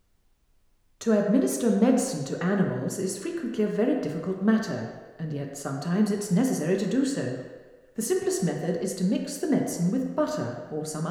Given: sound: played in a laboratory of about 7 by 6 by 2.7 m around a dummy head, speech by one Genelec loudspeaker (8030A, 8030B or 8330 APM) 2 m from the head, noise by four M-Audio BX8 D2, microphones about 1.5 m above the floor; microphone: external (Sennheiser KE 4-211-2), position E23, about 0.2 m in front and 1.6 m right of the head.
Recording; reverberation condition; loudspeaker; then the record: female speech in English; high; 60 degrees to the right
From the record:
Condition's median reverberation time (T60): about 1300 ms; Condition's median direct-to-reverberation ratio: about -4.0 dB